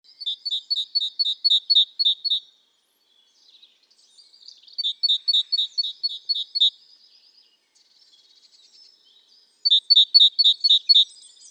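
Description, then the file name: Great tit repeating fast strings of high, clipped two-part notes in three bursts, the first the longest, with faint twittering between. "Parus major"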